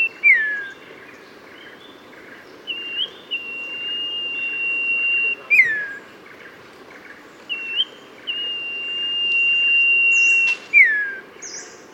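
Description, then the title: Oriental magpie-robin singing sweet whistles, long sustained tones alternating with quick downward slurs and short chirps, repeated in phrases against constant background hiss. "Kicau Kacer"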